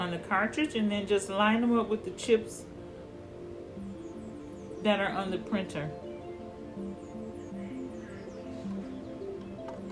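An ink cartridge is lined up with the chips on an HP All in One printer's carriage while someone talks over background music. Speech is heard in the first few seconds and again around 5 seconds, with quiet handling in between. Nothing has seated or clicked yet; the cartridge is not yet home in the carriage.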